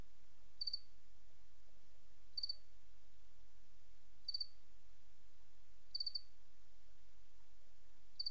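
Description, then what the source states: Cricket chirping: short, high, pulsed chirps repeated roughly every two seconds against a quiet, low hum. Recorded on 28 August 2007.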